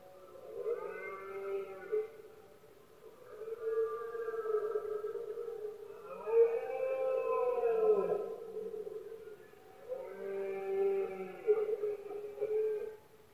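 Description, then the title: Red deer bellows: four long, drawn-out tonal calls with strong harmonics, each lasting a few seconds with short pauses between them, in a quiet background. Males giving powerful bellows during the red deer rut, locally called berrea or brama, at night in Spain; best heard at night when surroundings are quiet. "Paisaje sonoro: Berrea #04"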